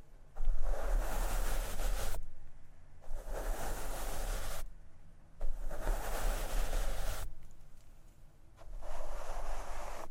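Microphone scratching and brushing comes in long rough bursts, each lasting one to two seconds, at roughly 0.4, 3, 5.5 and 8.7 seconds. Each burst is a dense, hissing rub with a heavy low rumble, separated by quieter gaps with a faint low hum.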